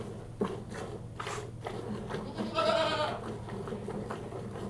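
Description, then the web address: Goat gives a short wavering bleat midway, preceded by rhythmic soft swishing bursts over a constant low hum. One goat being hand-milked; livestock. "BBC Sound Effects Library. One Goat Hand-Milked"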